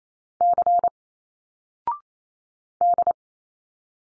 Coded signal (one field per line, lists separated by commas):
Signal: Morse code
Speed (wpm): 28 wpm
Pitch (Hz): 700 Hz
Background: none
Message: C D